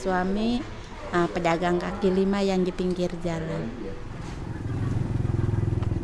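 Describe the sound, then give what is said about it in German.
A voice talks for a few seconds, then a woman's motorcycle, carrying a reporter on the back seat, takes over with a low, pulsing rumble that grows steadily louder as the bike rides off through Jakarta, Indonesia, toward her old neighbourhood, the kampung. “Sie bittet den Reporter auf den Rücksitz ihres Motorrads und fährt los, um ihre alte Nachbarschaft zu zeigen, den Kampung.”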